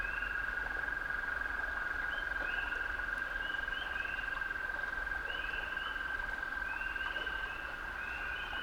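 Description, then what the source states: Toads singing, a steady unbroken trill held throughout, with several short bird twitters above. Male toads singing love songs from the water in a wetland hollow near a beaver dam, upstate New York, USA, May 2018; binaural.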